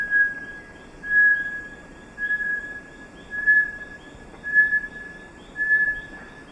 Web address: S America Eastern Lowlands Crypturellus bartletti, song